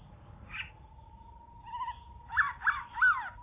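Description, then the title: Bird chirps: a few scattered notes, then three sharp chirps near the end, over a steady humming tone. "kikicau"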